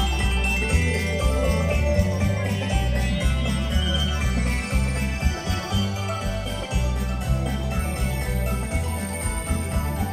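Music from the Main Street Electrical Parade plays steadily, with a strong, pulsing bass line thumping in regular beats throughout. Bright, tinkling bell-like tones ring over the top, and the loudness stays fairly even across the whole stretch.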